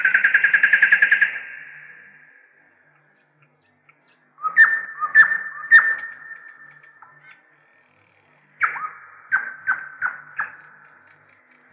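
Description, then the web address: Nightingale song opening with a churring trill, then three loud cracking notes with ringing tails, and later a quick run of several clipped notes. "slowik spiew slowika"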